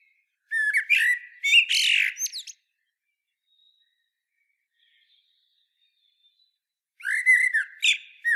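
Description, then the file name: Common blackbird song phrases: low fluty warbles breaking into high squeaky twitters, two bursts separated by about four seconds of near silence. "Turdus merula"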